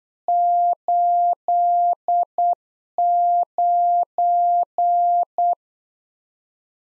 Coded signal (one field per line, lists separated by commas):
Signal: Morse code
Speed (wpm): 8 wpm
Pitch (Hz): 700 Hz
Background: none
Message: 89